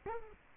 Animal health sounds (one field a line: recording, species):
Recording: mosquito wingbeat signal from an infrared sensor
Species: Culex quinquefasciatus